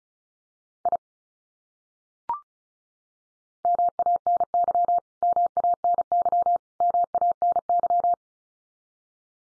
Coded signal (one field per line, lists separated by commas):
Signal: Morse code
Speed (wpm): 34 wpm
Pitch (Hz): 700 Hz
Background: none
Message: I MANY MANY MANY